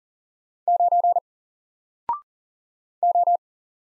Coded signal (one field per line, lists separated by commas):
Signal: Morse code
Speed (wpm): 40 wpm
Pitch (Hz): 700 Hz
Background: none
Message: 9 O